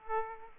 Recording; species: mosquito wingbeat signal from an infrared sensor; Aedes aegypti